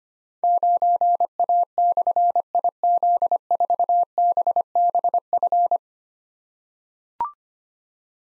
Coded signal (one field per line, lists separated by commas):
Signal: Morse code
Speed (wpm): 25 wpm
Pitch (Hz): 700 Hz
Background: none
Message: 9A/IZ4BBF